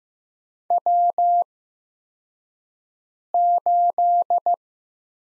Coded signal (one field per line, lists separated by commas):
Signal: Morse code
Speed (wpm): 15 wpm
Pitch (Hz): 700 Hz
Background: none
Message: W8